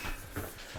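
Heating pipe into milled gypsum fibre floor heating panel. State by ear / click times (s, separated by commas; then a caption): not seated / none. A plastic underfloor heating pipe is led round in a bend and pressed by hand toward the milled groove of a gypsum fibre floor heating panel. Soft rustling handling noise is heard, with a brief louder bump near 0.4 s. The pipe has not snapped into the groove yet; nothing has seated.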